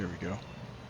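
A person handles the foot piece of a woodworking coping sled, getting ready to press it onto the sled body with clamp pressure, while someone talks briefly over low background noise. Nothing has seated or clicked yet in this clip; the foot has not snapped into place.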